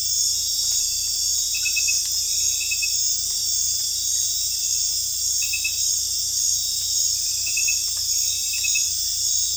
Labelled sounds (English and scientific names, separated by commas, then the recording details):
none
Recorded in dense forest near Puerto Asís, Putumayo, Colombia, on 18 December 2024 at 19:00
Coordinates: 0.484, -76.317
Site G026